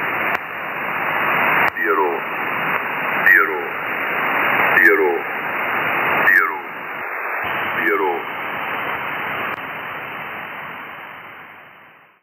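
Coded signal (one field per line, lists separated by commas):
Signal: numbers station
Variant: E06, English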